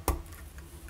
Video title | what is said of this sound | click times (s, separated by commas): Pilot Metropolitan Review | and it's got a very satisfying click so it caps very nicely very tight | 0.1 s